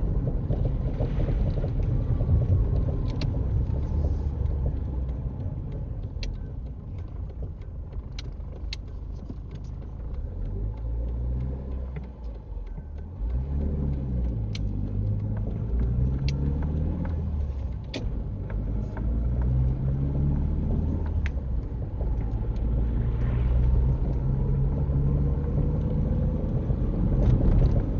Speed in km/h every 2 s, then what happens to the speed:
35, 26, 13, 5, 0, 0, 3, 15, 18, 27, 31, 37, 44, 50.
0-7 brakes to 0. 7-11 standing. 11-28 pulls away to 50.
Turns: 11-16.